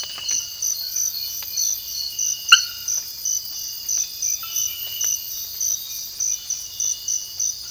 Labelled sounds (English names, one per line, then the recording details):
none
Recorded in secondary vegetation near Puerto Asís, Putumayo, Colombia, on 19 February 2024 at 05:00
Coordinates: 0.481, -76.323
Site G6376